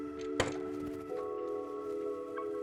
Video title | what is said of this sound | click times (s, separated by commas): Build your own computer! 👩‍💻 Step by step with SOFTER | we heard the click. | 0.4 s